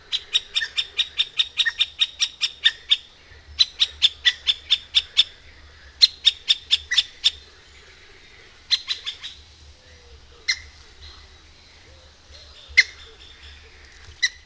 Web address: agykontroll Madardalok Cd 1. Közép fakopáncs